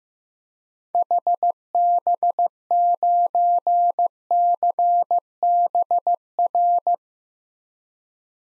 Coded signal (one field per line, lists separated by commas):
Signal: Morse code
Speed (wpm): 16 wpm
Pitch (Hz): 700 Hz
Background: none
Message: HB9CBR